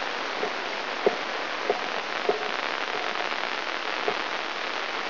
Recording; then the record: brain microelectrode recording played as sound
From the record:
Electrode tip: inside the subthalamic nucleus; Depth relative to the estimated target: 2.5 mm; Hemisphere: left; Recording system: AlphaMap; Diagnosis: Parkinson's disease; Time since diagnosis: 21 years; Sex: female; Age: 61 years